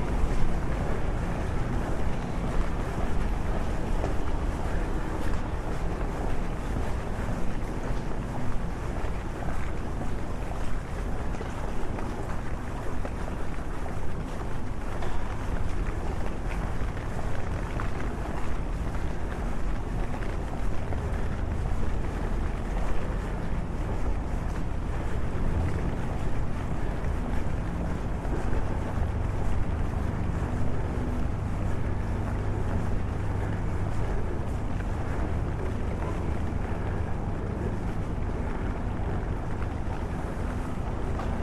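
A walk through London in the rain: a steady, dense hiss of rainfall runs unbroken throughout, with a low rumble beneath it. A deeper droning hum swells in the middle and again around the thirty-second mark, and a brief sharp tick sounds near twenty-five seconds.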